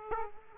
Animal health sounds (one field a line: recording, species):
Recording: mosquito wingbeat signal from an infrared sensor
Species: Aedes aegypti